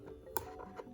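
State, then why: Released. A small plastic packaging tie holding a doll's head to the box backing is unclipped on one side during an unboxing. One sharp click sounds at 0.4 s over soft background music, and the tie releases.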